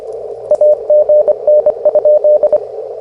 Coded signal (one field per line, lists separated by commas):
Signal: Morse code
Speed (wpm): 24 wpm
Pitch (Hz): 600 Hz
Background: radio noise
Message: AGN?